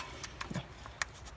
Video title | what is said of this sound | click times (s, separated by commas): 1989 Ford Probe GT - How to Replace Fuel Injectors - 2.2L Turbo | these will just click right in because they're nice guys aren't they | 1.0 s